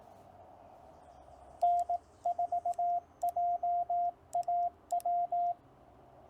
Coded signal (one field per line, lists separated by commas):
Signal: Morse code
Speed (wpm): 18 wpm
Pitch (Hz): 700 Hz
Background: radio noise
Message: N4JAW